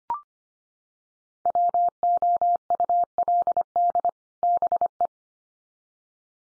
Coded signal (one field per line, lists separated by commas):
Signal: Morse code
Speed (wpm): 25 wpm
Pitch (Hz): 700 Hz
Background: none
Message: WOULD BE